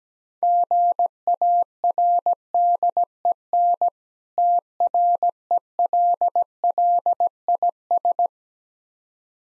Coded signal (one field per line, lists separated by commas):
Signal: Morse code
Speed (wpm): 17 wpm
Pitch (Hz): 700 Hz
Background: none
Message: GARDEN TRELLIS